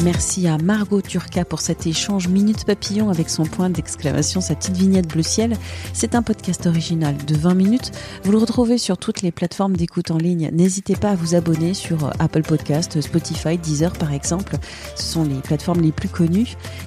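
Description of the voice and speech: An adult speaks French fluently at a steady pace with clear, smooth voicing and few pauses, typical of ordinary speech.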